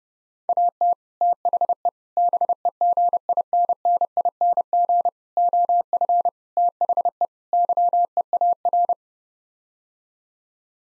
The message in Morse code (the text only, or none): AT THE BEGINNING OF THE YEAR